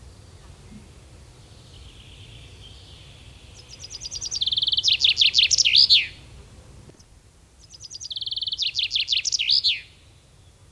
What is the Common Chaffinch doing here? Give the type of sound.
song